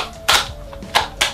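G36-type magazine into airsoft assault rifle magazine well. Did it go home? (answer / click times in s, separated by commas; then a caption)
yes / 1.2 s. A G36-type plastic magazine is pushed into the magazine well of a metal/ABS CZ Bren 805 A1 airsoft rifle to show that G36 magazines are compatible. A sharp plastic clack sounds at 0.3 s, followed by a faint tick and another clack, and then a final loud click at 1.2 s as the magazine clips in. The magazine is seated.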